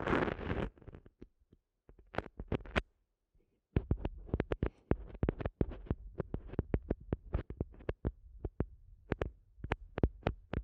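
Sensitive eardrum massage sounds: dense, irregular taps and rubs crackle across the whole range, from dull low thumps to crisp high clicks. A brief rushing brush opens the clip, then a near-silent pause around three seconds before the busy tapping resumes and continues steadily.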